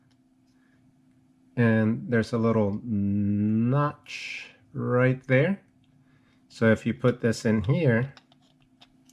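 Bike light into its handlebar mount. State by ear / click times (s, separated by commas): not seated / none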